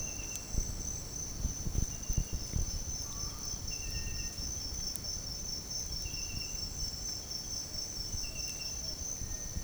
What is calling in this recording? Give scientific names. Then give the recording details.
Crypturellus cinereus. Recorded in dense forest near Puerto Asís, Putumayo, Colombia, on 29 June 2025 at 06:30. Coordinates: 0.503, -76.323. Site G059